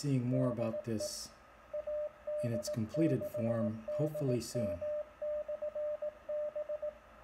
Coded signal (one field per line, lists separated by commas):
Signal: Morse code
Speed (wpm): 18 wpm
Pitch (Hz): 600 Hz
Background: speech, radio noise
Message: DE AD6DM/B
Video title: Arduino CW Beacon Proof of Concept for Foxhunting, Propagation Testing